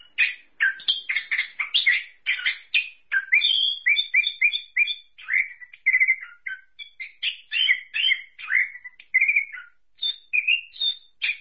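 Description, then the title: Thrush singing a rapid chatter that turns into thin high whistles and slurred, rising and falling phrases. "burung anis x"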